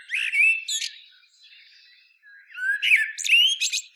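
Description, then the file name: Common blackbird: a short fluted phrase with squeaky ending, a quiet pause, then a rising whistled phrase breaking into high twitters. "Turdus merula"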